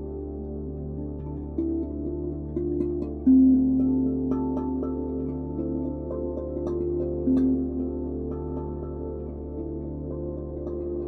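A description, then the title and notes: Binaural beats: a steady low drone of layered tones held throughout, humming beneath a ringing, bowl-like tone. Brief brighter swells rise around three and seven seconds, with faint clicks and small sparkles scattered across the top. Binaural Beats | מדיטציית צלילים רב ממדית | טונים בינוראלים וראב.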